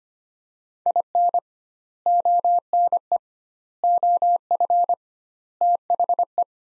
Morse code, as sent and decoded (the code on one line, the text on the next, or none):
.. -. / --- -. . / --- ..-. / - .... .
IN ONE OF THE